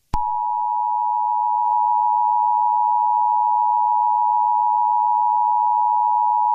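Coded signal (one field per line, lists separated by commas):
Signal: Emergency Alert System (SAME) tones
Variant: 853 and 960 Hz attention tone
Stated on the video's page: Simulated EAS scenario, remastered.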